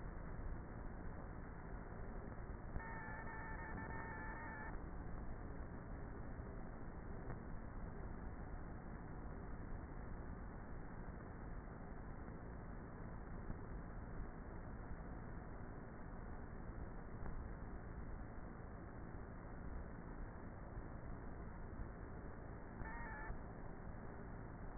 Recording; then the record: honeybee colony, microphone inside the hive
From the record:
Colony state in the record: queenless with a low population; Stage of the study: before two queens were removed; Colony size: about 30,000 bees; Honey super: no